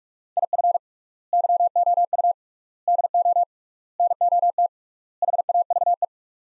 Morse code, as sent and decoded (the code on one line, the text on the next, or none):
.. ..-. / -.-- --- ..- / -.. --- / -. --- - / .... .- ...- .
IF YOU DO NOT HAVE